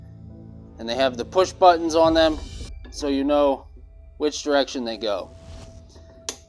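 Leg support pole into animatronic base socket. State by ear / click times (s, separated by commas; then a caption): seated / 6.3 s. Someone talks while a plastic/metal leg support pole, labeled left or right, is pushed into its socket on the stand of a Spirit Halloween 2022 Dr. Illume animatronic. At 6.3 s a short, sharp click sounds as the pole's spring push-button pops into its locking hole, and the pole is seated.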